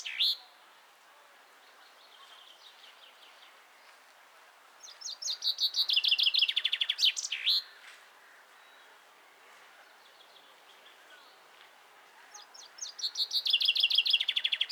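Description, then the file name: Common chaffinch song: a fainter phrase early on, then two bright, rattling phrases of rapid repeated notes, the first ending in a flourish, the last cut off. "Fringilla coelebs"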